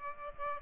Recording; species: mosquito wingbeat signal from an infrared sensor; Aedes aegypti